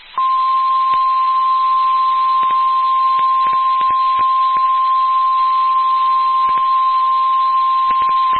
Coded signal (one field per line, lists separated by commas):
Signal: Emergency Alert System (SAME) tones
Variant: 1050 Hz attention tone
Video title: Lubbock Area NOAA Weather Radio (EAS 98-101)